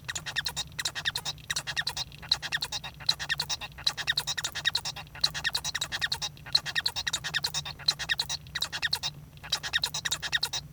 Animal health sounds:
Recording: song of a male Bengalese finch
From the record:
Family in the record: son of father 1

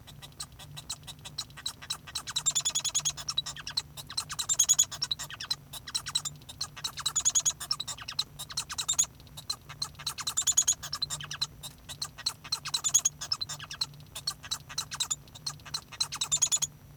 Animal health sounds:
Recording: song of a male Bengalese finch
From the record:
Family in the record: son of father 1

